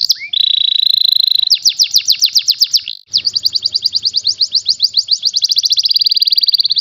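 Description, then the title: Canary singing a sustained high note, then rapid rolling trills repeated many times a second, ending on a level, steady trill. Song of a canary that is a national contest champion. "Masteran Kenari Lomba Juara Nasional"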